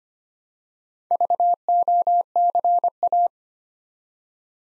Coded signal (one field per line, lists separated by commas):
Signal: Morse code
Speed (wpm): 25 wpm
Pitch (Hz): 700 Hz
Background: none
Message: VOCA